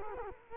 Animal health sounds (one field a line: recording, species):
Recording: mosquito wingbeat signal from an infrared sensor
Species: Culex quinquefasciatus